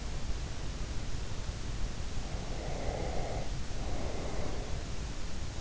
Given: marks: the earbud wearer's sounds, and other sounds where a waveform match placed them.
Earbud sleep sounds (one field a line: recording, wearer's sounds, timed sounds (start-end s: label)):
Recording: sounds in sleep by an in-ear microphone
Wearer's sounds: breath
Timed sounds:
2.57-4.71 s: breath